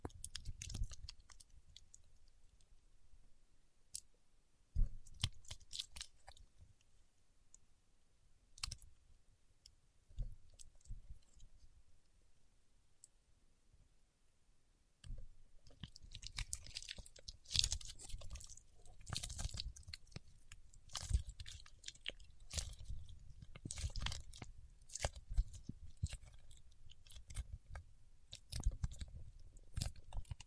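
Paraffin wax being peeled, tapped and scratched, heard as a run of dry clicks, crackles and soft crunching taps. The first half is sparse with quiet gaps, then from about fifteen seconds the sounds grow denser and louder, with frequent sharp snaps and scraping.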